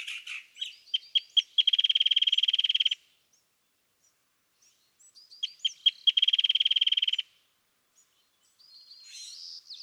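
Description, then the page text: California thrasher song: a few sharp chirps and slurred notes leading into a fast buzzy rattle, the same phrase given twice with a pause between, then a new phrase starting. Excerpt from a longer dawn song session on March 9, 2017, at Montaña de Oro State Park, Los Osos, California; the bird repeats a theme of notes it chose that morning. "California thrasher Song, excerpted from a longer dawn session on day 1. listen for the repeated theme of notes that the thrasher has chosen to use this morning. March 9, 2017. Los Osos, California"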